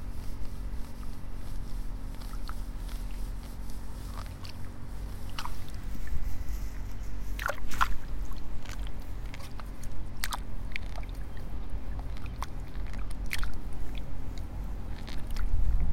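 Seedlings are pulled one by one from a flooded nursery bed, each pull a short crisp snap or tearing crunch at irregular moments, bunching together around the middle. Underneath, a steady low rumble holds throughout the clip.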